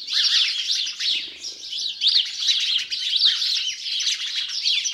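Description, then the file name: House sparrows chirping in a loud, continuous chorus of rapid, overlapping notes. "Passer domesticus"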